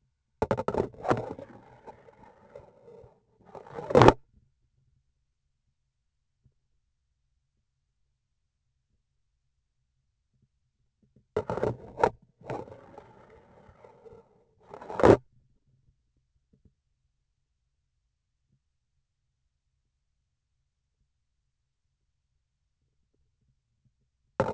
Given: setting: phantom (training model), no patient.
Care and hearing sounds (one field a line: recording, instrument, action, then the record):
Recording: laparoscopic instrument, vibration sensor on the handle end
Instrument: grasping forceps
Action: insertion and removal through the trocar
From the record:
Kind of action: spatial motion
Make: other than Olympus